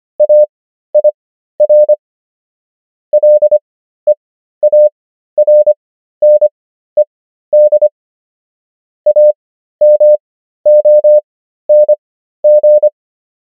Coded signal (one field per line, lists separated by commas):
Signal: Morse code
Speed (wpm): 25 wpm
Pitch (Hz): 600 Hz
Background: none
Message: AIR LEARNED AMONG